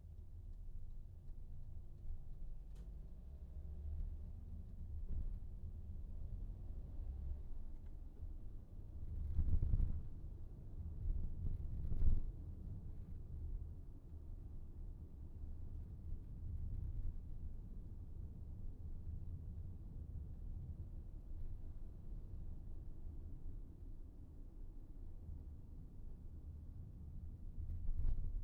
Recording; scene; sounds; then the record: everyday scene through a hearing-aid microphone; in a vehicle; engine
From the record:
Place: VW T5 Caravelle, diesel engine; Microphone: behind the ear, right, front